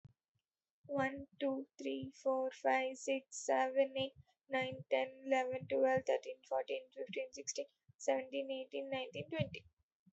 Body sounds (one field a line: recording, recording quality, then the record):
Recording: counting at a fast pace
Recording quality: excellent, no background noise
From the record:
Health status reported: healthy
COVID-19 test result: negative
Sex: female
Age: 26 years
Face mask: not worn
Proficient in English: yes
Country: India